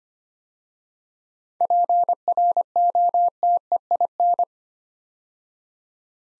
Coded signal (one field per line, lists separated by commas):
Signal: Morse code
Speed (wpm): 25 wpm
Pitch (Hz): 700 Hz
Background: none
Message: PROTEIN